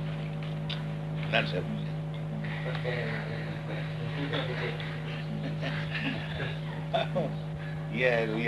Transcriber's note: chuckles